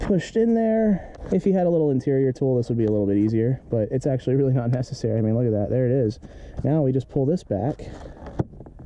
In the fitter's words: you hear it click down in there now